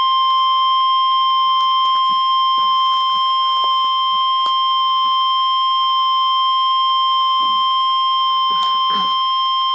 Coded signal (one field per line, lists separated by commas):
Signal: Emergency Alert System (SAME) tones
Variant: 1050 Hz attention tone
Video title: Severe Thunderstorm Warning (EAS #1)